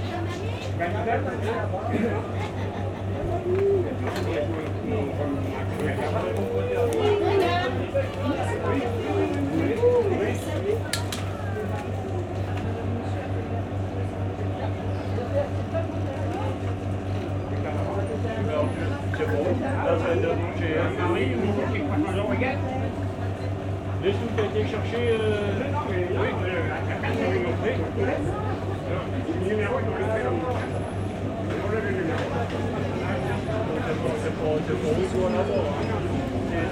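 A small-town market fills the air with overlapping chatter, many voices talking at once at a steady, busy level throughout. A constant low hum runs underneath, like an idling engine or generator, with occasional brief clinks and knocks in the crowd.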